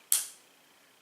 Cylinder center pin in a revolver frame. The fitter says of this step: it in on that Center pick pin will click in place and